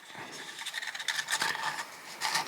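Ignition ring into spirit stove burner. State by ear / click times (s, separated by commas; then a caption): not seated / none. A homemade ignition ring of carbon fibre wick and metal is handled and pushed toward a Trangia spirit stove burner, part of making the stove winter proof. Scratchy rubbing and scraping sounds are heard, with a few brief sharper ticks of metal contact. The ring has not clicked into place or seated yet.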